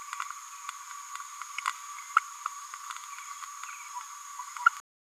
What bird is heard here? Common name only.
Green-rumped Parrotlet